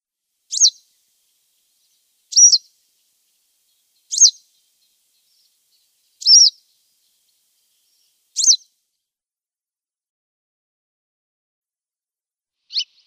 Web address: Schulze Peter Yellow Wagtail calls